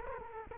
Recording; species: mosquito wingbeat signal from an infrared sensor; Culex quinquefasciatus